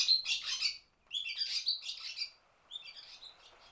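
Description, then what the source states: Barn swallow chicks begging with high, rapid chittering bursts, the later ones quieter. Chicks being fed, recorded in the rain.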